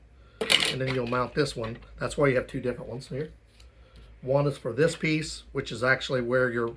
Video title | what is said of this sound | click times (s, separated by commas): ANNKE 4MP Outdoor Solar Security Cameras Wireless Review | Then this will just slide in and click into place. | 0.5 s